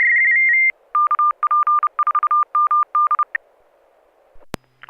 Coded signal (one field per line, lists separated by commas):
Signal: Morse code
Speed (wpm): 32 wpm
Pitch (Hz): 1200 Hz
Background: none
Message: KP4MD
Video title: N6NA SSTV Net - 08/07/2024